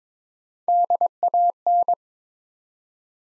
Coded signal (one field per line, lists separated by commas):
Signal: Morse code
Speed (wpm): 21 wpm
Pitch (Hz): 700 Hz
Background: none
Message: DAN